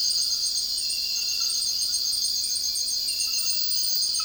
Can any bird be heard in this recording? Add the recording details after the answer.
no. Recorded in dense forest near Puerto Asís, Putumayo, Colombia, on 19 February 2024 at 02:30. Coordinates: 0.481, -76.318. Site G6421